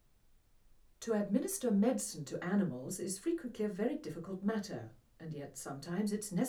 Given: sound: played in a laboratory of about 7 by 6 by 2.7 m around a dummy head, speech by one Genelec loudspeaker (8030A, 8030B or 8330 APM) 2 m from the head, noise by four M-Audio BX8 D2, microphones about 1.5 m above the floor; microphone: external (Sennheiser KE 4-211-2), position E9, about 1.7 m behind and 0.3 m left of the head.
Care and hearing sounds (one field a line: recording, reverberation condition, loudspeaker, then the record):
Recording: female speech in English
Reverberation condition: low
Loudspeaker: 60 degrees to the left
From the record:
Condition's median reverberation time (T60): about 310 ms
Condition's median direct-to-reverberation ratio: about 3.5 dB